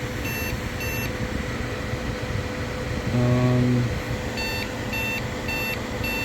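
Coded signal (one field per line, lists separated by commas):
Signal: beep code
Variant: PC BIOS POST beeps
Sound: short electronic beeps, two early, then several more after a brief low hum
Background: fan hum, room noise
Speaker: and i hear some beeps errors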